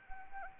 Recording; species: mosquito wingbeat signal from an infrared sensor; Anopheles arabiensis